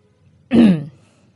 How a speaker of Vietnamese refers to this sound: Bố của Nam hắng giọng.